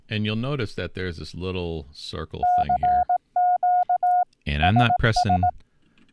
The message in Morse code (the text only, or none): CQ SS